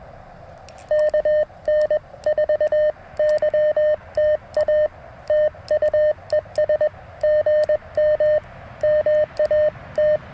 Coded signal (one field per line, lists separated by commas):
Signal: Morse code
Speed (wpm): 21 wpm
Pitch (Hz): 610 Hz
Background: none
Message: KN4YTA TUES GM MAT